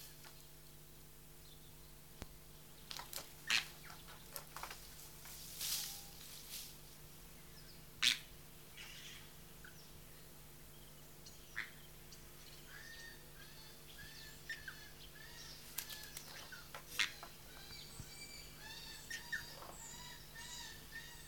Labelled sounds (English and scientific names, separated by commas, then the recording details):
Harpy Eagle (Harpia harpyja) call
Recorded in captivity
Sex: male
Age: adult
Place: Tierpark Berlin, Berlin, DE
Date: 1983-09-10
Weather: sonnig - bedeckt, 14-18°C, wechselnder Wind
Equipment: Nagra SN, Kopie Uher 4000 Report Monitor
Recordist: Tembrock, Günter